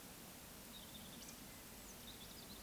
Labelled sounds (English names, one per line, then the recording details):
Eurasian Woodcock whistle
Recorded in Baden-Württemberg, Germany, on 15 May 2020 at 19:08 UTC
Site 46190, 1214 m above sea level